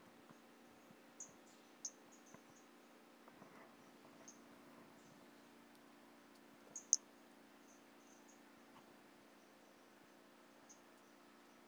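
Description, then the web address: White-lined pumpkin toadlet calls: brief, very high, thin peeps scattered irregularly, a few louder notes near the middle over a faint steady hum. Recorded in 2017. "2017 Brachycephalus albolineatus"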